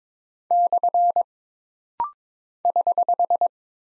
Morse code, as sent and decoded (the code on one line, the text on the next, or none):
-..-. / ........
/ <HH>